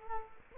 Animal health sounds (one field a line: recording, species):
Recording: mosquito wingbeat signal from an infrared sensor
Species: Culex quinquefasciatus